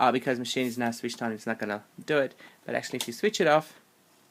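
Someone talks while handling the chain looper threading mechanism of a Baby Lock Evolution serger during coverstitch setup, explaining it won't engage while the machine is switched on, so the machine has to be switched off. Only speech is heard, with no click. Nothing has clicked or locked into place yet.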